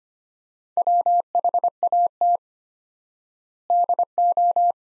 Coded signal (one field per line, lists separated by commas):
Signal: Morse code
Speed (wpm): 25 wpm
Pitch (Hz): 700 Hz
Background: none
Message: WHAT DO